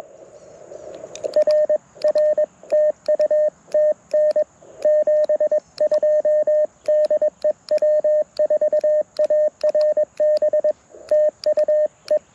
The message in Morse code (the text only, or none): RR TU TN 72 DE W4ARB TU E